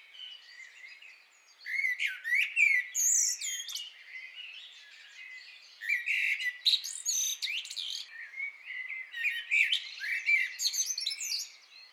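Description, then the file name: Common blackbird song in long busy phrases: mellow whistles running into rapid, scratchy high twitters, repeated in three loud bouts. "Turdus merula"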